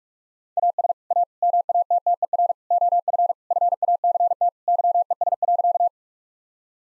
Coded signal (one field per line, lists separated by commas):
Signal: Morse code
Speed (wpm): 42 wpm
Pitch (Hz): 700 Hz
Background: none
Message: AS A MATTER OF FACT YES.